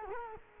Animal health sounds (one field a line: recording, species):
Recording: mosquito wingbeat signal from an infrared sensor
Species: Culex quinquefasciatus